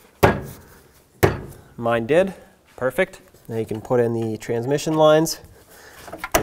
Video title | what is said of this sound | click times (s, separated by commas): How to Replace Radiator 1997-2003 Ford F-150 | make sure that it snaps into place like that | 6.4 s